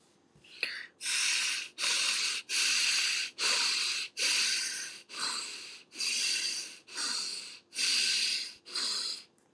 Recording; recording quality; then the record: shallow breathing; excellent, no background noise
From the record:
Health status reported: healthy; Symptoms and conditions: none ticked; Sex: male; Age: 28 years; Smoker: not ticked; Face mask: not worn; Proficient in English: yes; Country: India